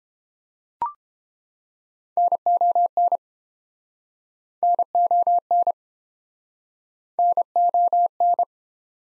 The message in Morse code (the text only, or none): NON NON NON